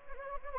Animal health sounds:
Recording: mosquito wingbeat signal from an infrared sensor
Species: Anopheles gambiae

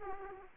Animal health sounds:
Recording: mosquito wingbeat signal from an infrared sensor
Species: Aedes aegypti

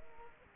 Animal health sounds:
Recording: mosquito wingbeat signal from an infrared sensor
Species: Aedes aegypti

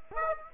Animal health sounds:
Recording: mosquito wingbeat signal from an infrared sensor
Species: Aedes aegypti

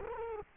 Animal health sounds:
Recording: mosquito wingbeat signal from an infrared sensor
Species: Culex quinquefasciatus

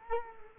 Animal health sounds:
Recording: mosquito wingbeat signal from an infrared sensor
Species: Culex quinquefasciatus

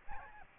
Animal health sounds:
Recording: mosquito wingbeat signal from an infrared sensor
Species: Aedes albopictus

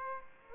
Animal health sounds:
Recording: mosquito wingbeat signal from an infrared sensor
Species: Aedes aegypti

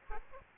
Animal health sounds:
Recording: mosquito wingbeat signal from an infrared sensor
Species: Aedes aegypti

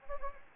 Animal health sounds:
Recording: mosquito wingbeat signal from an infrared sensor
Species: Anopheles gambiae

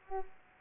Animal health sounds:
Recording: mosquito wingbeat signal from an infrared sensor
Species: Culex pipiens

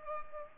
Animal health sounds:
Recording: mosquito wingbeat signal from an infrared sensor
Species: Culex pipiens

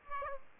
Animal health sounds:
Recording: mosquito wingbeat signal from an infrared sensor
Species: Aedes aegypti

